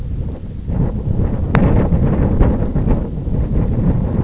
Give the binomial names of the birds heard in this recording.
none